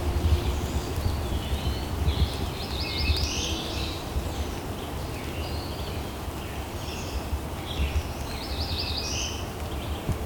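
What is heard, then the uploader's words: Birdsong in a forest, with Indigo Bunting, Wood Thrush and American Redstart named. High, quick warbling phrases come in bursts around two to four seconds and again near eight to nine seconds, over a steady low rumble and hiss that runs throughout. Today I’m in the Dundas Valley, just below the Niagara Escarpment in Hamilton Ontario, one of the largest remaining Carolinian Forests in the region. Indigo Bunting, Wood Thrush, American Redstart.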